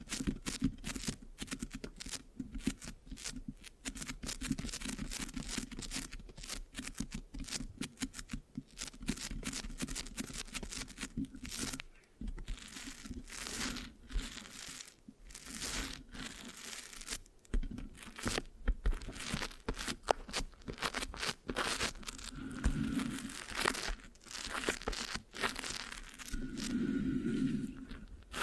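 Dense, continuous mic scratching with sticky crackles, fast irregular bursts throughout, a low steady hum beneath, and brief louder swells near the end.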